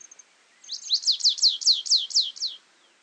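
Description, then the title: Stripe-tailed yellow finch singing a rapid run of eight sharp, buzzy downward-sweeping notes, high-pitched and clear against a quiet background. Subspecies Sicalis citrina citrina. "LuckyPassaro Completos2Sama. Stripe-tailed Yellow Finch"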